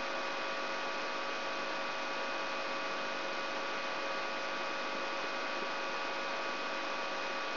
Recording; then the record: brain microelectrode recording played as sound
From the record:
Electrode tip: inside the subthalamic nucleus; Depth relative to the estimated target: 0 mm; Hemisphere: right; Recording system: AlphaMap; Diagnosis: Parkinson's disease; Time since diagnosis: 23 years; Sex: male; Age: 65 years